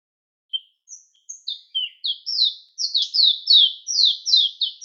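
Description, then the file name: Mayotte white-eye starting with scattered thin high notes that build into a fast, steady run of descending sweet notes. Recorded on Mayotte; local name shilaputu. "zoste rops de mayotte - shilaputu"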